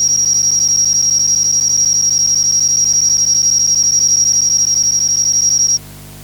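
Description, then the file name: Kuma-suzumushi cricket singing a sustained, shrill, unbroken high trill at even loudness, stopping abruptly shortly before the end. Recorded 18 October 2014. "20141018 A-zukankumasuzumushi"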